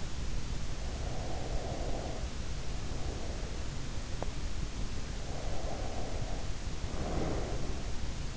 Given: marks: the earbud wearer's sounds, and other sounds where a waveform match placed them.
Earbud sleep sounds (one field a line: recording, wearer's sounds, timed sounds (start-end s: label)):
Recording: sounds in sleep by an in-ear microphone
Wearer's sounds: breath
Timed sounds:
0.65-4.16 s: breath
4.87-8.37 s: breath